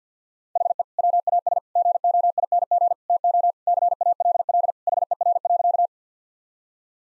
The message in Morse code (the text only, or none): HE WAS GOING TO CALL HER.